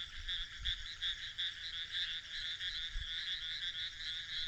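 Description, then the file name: Frog chorus, quick high pulsed notes in a continuous stream, with a couple of low thuds. "grenouilles"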